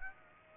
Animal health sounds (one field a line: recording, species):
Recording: mosquito wingbeat signal from an infrared sensor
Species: Aedes aegypti